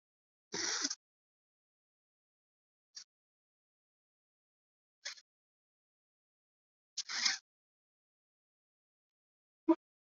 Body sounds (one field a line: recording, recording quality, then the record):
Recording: deep breathing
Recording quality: moderate, slight background noise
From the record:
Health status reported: COVID-19 positive, moderate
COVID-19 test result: positive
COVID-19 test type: RT-PCR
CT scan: not taken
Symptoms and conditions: cough, cold, breathing difficulty, sore throat, fever, fatigue, muscle pain, diarrhoea, hypertension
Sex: male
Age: 36 years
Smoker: yes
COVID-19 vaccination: one dose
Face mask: worn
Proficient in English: no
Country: India